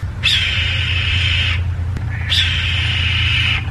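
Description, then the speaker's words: Red-tailed Hawk screams: two long, hoarse cries, each lasting over a second, about two seconds apart, above a low steady hum. Played back; the dramatic scream commonly dubbed in TV and film over bald eagle footage. "Here is the sound of a red-tailed hawk."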